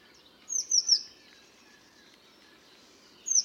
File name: Cyanistes caeruleus